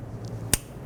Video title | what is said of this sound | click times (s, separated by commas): How To Replace Knock Sensor 2006-2012 Honda Civic | you hear it audible click and you know it's locked on | 0.5 s